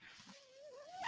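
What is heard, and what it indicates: A quiet, steady airy hiss with a faint whining tone that slowly rises in pitch and swells at the end. It is the running noise of a home mechanical ventilator in use, an ordinary sound of the device working.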